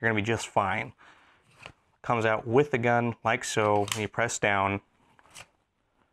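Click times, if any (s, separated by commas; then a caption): 5.2 s, 5.3 s. Someone talks while a compact M&P Shield pistol is pushed back into a polymer retention holster. The retention lock engages with small clicks at 5.2 s and 5.3 s, and the pistol is locked in place.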